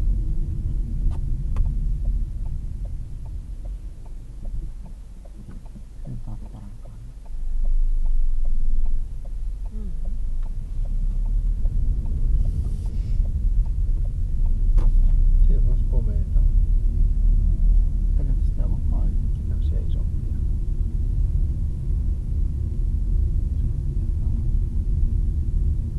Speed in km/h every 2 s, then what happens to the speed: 14, 0, 0, 0, 0, 0, 16, 19, 23, 23, 24, 24, 24.
0-2 brakes to 0. 2-10 standing. 10-17 pulls away to 23. 17-26 steady at about 24.